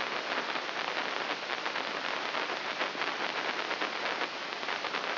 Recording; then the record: brain microelectrode recording played as sound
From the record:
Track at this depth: inside the subthalamic nucleus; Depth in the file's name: 1.1 mm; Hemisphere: left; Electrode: 3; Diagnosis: Parkinson's disease